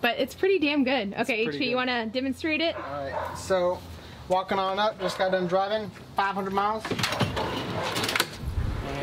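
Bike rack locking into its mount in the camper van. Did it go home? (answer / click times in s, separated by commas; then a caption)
yes / 8.2 s. A custom-built bike rack is pushed into position in its mount in a camper van while someone talks. It latches with one sharp click at 8.2 s, locking firmly into place so it can't be moved.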